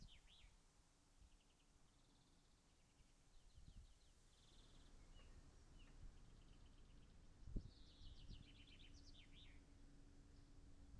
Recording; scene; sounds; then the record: everyday scene through a hearing-aid microphone; wind on the microphone; gentle breeze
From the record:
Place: in front of a rural house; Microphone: behind the ear, right, front